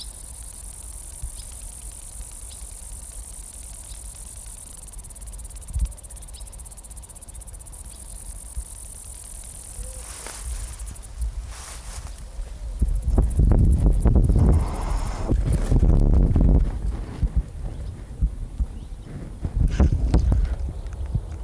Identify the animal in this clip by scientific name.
Conocephalus dorsalis